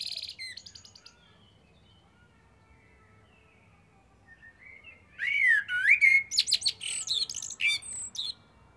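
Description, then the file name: Eurasian blackbird song: a brief high twitter at the start, then after a quiet gap a phrase of fluted whistles and squeaky high twittering notes. "Turdus merula"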